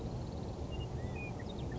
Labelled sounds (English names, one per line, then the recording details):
California Quail
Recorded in Sonoma County, California